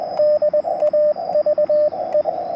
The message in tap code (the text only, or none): none